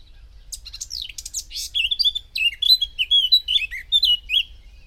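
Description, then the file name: Eurasian blackcap song: soft, sharp scratchy notes at first, then a flowing series of pure, fluting whistles that wobble and fall in pitch. "Sylvia atricapilla"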